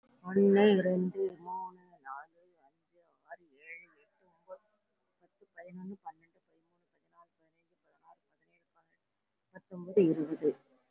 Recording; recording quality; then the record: counting at a fast pace; moderate, slight background noise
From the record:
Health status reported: respiratory illness, not identified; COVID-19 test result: not tested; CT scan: taken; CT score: 0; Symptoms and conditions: cough, cold, pneumonia, hypertension, diabetes, another condition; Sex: female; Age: 68 years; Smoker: no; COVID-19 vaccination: none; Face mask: not worn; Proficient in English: no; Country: India